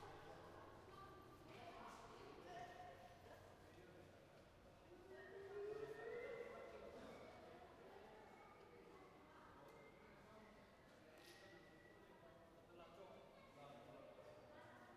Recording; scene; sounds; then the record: everyday scene through a hearing-aid microphone; reverberant space; background noise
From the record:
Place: railway station hall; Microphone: behind the ear, right, rear